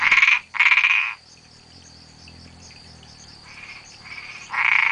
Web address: sounds Boana albopunctata